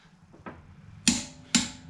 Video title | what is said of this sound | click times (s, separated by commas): How to Change a Tire | why you want to hear that audible click | 1.1 s